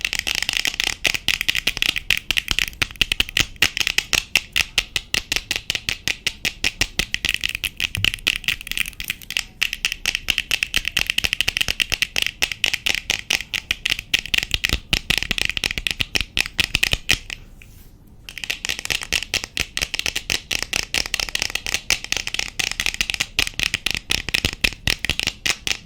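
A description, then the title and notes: Fast, aggressive mic scratching and tapping with long nails, dense rapid clicks and bright rubbing, nearly nonstop except a brief pause around eighteen seconds. ASMR Mic Scratching & Tapping, Fast and Aggressive, for Sleep, mic triggers, rubbing, long nails.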